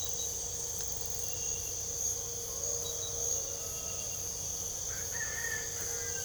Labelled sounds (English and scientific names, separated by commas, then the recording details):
none
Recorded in pastures near Puerto Asís, Putumayo, Colombia, on 26 December 2024 at 04:30
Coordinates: 0.497, -76.327
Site G088